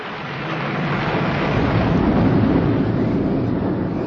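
A deep, rolling rumble of thunder from a storm raging through the night swells within the first half second and then holds loud and steady, a dense roar of storm noise with heavy low-end weight throughout.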